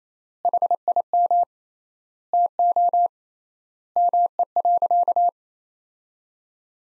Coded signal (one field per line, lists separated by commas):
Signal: Morse code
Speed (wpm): 28 wpm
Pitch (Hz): 700 Hz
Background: none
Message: HIM TO ME.